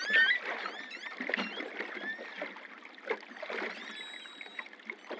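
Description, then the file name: Long-finned pilot whale whistles: thin rising and wavering tones above steady underwater hiss and crackle, with a brief sharp upsweep early and a flat high tone midway. Recorded in the Antilles. "Globi antilles globicephala Melas"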